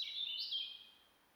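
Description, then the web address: European robin, one short high warbled phrase of liquid notes that fades quickly into quiet. "SETE Erithacus rubecula"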